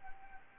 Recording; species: mosquito wingbeat signal from an infrared sensor; Anopheles arabiensis